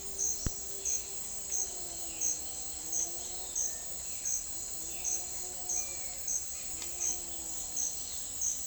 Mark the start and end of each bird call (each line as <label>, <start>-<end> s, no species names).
bird call, 3.56-3.99 s
bird call, 4.90-5.32 s
bird call, 5.74-6.28 s